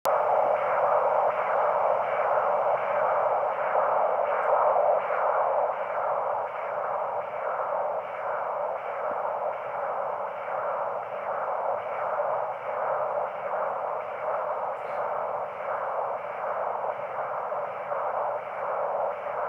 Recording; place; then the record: Doppler ultrasound of blood flow; carotid artery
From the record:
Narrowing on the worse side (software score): moderate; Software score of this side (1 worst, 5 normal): 3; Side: right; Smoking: never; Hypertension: controlled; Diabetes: no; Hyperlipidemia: no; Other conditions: thyroidectomy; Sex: female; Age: 53 years